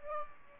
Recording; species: mosquito wingbeat signal from an infrared sensor; Aedes aegypti